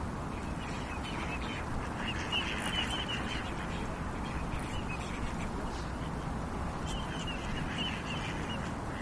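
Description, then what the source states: Mallard drake giving rasping, nasal calls in two bouts, one near the start and one near the end, over a steady low rumbling background. Male.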